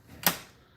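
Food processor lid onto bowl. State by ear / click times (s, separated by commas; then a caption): seated / 0.3 s. A plastic food processor lid is slid from left to right onto the bowl until it locks. A single sharp click sounds at 0.3 s and fades quickly. The lid is seated and locked.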